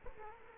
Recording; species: mosquito wingbeat signal from an infrared sensor; Culex quinquefasciatus